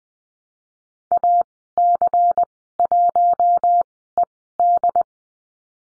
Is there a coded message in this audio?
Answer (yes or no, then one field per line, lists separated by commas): yes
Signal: Morse code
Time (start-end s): 1.1-5.0 s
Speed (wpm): 20 wpm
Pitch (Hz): 700 Hz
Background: none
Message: AC1ED